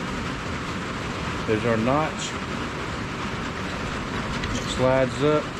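During a knife build, a metal guard fitting is slid up the blade tang toward its notch, where it is meant to lock so the bottom is secure. Someone talks over a steady low background hum. The fitting has not yet locked and nothing has clicked by the end of the clip.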